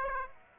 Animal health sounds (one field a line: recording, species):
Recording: mosquito wingbeat signal from an infrared sensor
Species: Aedes aegypti